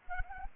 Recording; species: mosquito wingbeat signal from an infrared sensor; Anopheles arabiensis